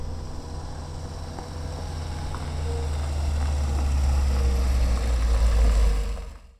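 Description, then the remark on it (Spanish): A car engine's low, steady rumble grows gradually louder as the car approaches, then settles into an even idle as it pulls up alongside a woman walking, before cutting off abruptly at the end. No one speaks. “Un coche se acerca y se pone a su altura.”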